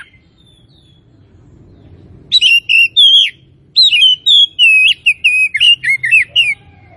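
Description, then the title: Oriental magpie-robin singing a fast string of bright whistled notes that swoop up and down, starting after two quiet seconds. Tretes; bird described as singing actively (gacor). "Kacer Tretes"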